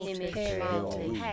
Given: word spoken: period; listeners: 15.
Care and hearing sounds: one English word in noise, from a listening test; four-talker babble; -3.0 dB; 3 of 15; 9 of 15; 0.93 s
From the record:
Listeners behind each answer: 9, 3, 1, 1, 1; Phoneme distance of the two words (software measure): 47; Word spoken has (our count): 2 syllables, 5 phonemes, stress on syllable 1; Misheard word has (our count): 2 syllables, 4 phonemes, stress on syllable 1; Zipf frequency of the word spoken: 5.00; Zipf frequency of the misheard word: 4.64

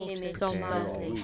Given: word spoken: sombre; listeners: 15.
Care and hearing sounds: one English word in noise, from a listening test; four-talker babble; 0.0 dB; 0 of 15; 7 of 15; 0.84 s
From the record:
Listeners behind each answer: 7, 1, 1, 1, 1, 1, 1, 1, 1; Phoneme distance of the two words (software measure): 37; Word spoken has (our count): 2 syllables, 5 phonemes, stress on syllable 1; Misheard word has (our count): 2 syllables, 4 phonemes, stress on syllable 1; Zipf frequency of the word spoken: 3.13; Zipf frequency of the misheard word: 4.64

